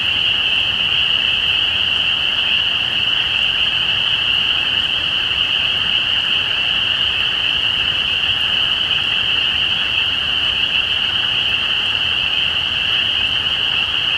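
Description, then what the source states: Spring peepers calling in a dense chorus, countless overlapping high shrill peeps merging into one steady ringing band, unbroken from start to end. Recorded at Easter 2017.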